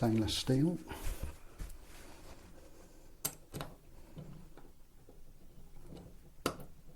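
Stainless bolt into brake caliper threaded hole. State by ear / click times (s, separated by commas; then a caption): seated / 3.3 s, 6.5 s. Someone talks as a stainless steel bolt is turned backwards in the threaded hole of a six-pot brake caliper before tightening, so the thread start can drop into place and the bolt goes in square without cross-threading. Sharp small clicks are heard at 3.3 s and 6.5 s as the bolt thread drops into the start of the thread, showing it has seated.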